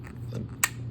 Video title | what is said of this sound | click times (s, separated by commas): Wearable Droid - Assembly Instructions - Part 2 of 2 | snapped in. Perfect. That's what we want to see. | 0.6 s